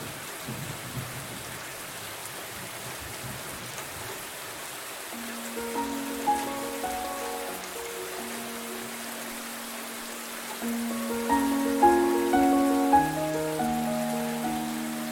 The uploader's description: the calming sounds of a thunderstorm combined with gentle music